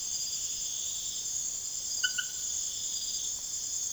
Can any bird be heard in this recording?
no